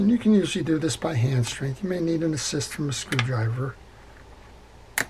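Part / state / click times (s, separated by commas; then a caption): rear drag assembly into spinning reel body / seated / 5.0 s. Someone talks for the first 3.7 seconds while the back end of the rear drag assembly of a Fenwick 8500 spinning fishing reel is pressed by hand into the reel body. After a quiet pause, a single sharp click rings out at 5.0 seconds as the drag assembly seats into place.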